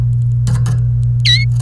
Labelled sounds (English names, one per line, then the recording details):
Domestic Canary song
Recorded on 29 April 2018 at 08:15
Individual llb3